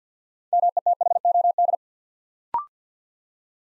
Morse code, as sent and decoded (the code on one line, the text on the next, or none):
-- . - .... --- -..
METHOD